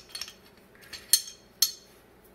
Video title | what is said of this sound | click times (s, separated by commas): Tabletop Review of the new Taurus G3 | take your barrel drop it in make sure that it catches with the top of the breech and locks in place | 1.1 s, 1.6 s